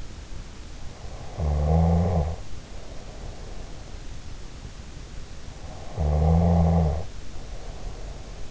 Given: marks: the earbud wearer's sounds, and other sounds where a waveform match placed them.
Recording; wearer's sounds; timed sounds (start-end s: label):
sounds in sleep by an in-ear microphone; snoring breath
1.24-3.96 s: snoring breath
5.80-8.51 s: snoring breath